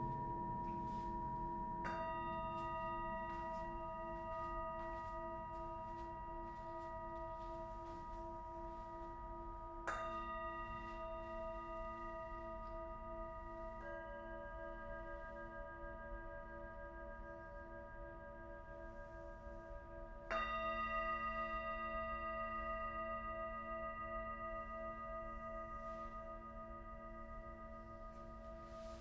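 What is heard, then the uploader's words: A sound bath of singing bowls, with new strikes at about 2, 10, 14 and 20 seconds, each bringing a bright metallic ring. Long, steady tones overlap and hum slowly, fading gently between strikes over a constant low rumble. Sound Bath #008: Ravina Daswani. Recorded in December 2022, the paint had just dried in her new space and not all of her instruments were there. Each hit from other bowls shaped the sound in such unique ways.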